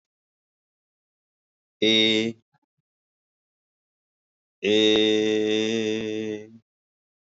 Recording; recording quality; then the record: sustained vowel as in made; excellent, no background noise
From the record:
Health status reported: healthy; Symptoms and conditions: none ticked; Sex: male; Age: 57 years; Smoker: not ticked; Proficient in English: yes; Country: India